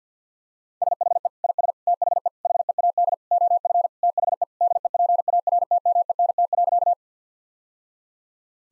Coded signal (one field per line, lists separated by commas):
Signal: Morse code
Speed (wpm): 50 wpm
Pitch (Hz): 700 Hz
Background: none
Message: SHE IS THE HEAD OF THE DEPARTMENT.